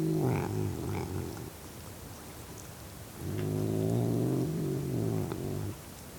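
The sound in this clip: Cat growling in two low rumbling bouts, the first short and the second about two and a half seconds long, with a quiet pause between.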